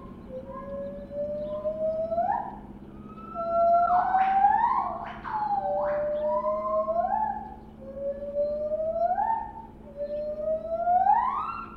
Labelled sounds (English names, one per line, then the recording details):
Lar Gibbon
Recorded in captivity
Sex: female
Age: adult
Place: Tierpark Berlin, Berlin, DE
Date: 1967-12-09
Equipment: R 20/1, Sennheiser MD 421
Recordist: Tembrock, Günter